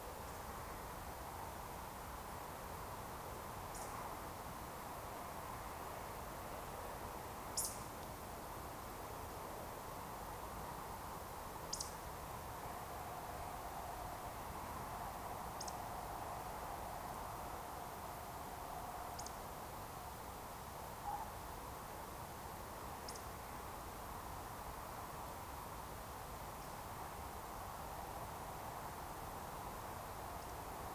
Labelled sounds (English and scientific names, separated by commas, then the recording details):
Eurasian Woodcock (Scolopax rusticola) whistle
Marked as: whistle, whistle, whistle, whistle, whistle, whistle, whistle, whistle, whistle
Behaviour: display flight
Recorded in Baden-Württemberg, Germany, on 14 June 2020 at 20:11 UTC
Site 43791, 788 m above sea level